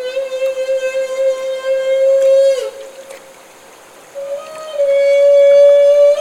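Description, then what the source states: Humpback whale feeding call: a long, steady, horn-like tone that stops, is followed by a quiet pause, then returns with strong overtones. Humpback whale call made during bubble-net feeding.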